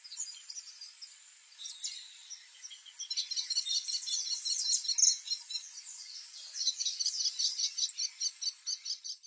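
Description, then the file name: Kestrel-type calls: two bursts of fast, shrill repeated notes, the second evenly spaced, over busy twittering and a steady high buzz. "canto do kestrel"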